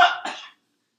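Two quick, harsh back-to-back cough bursts from an adult: an irritant cough during a major choking attack after a bong hit with too little water in the bong.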